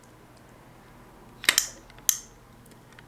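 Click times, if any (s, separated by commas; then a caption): 2.1 s. The handle of a vintage Johnson Citation 110A-family spincast fishing reel is turned after the button is released, and the retrieval (pickup) pin snaps back out. Two sharp, bright clicks come at about 1.5 and 1.6 s, then a single loud click at 2.1 s as the pin re-engages. The result is that the retrieval pin has re-engaged and the reel is working as it should.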